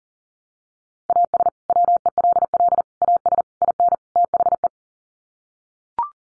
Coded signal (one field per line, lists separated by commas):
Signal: Morse code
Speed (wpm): 40 wpm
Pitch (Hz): 700 Hz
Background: none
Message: AS WELL AS IN THE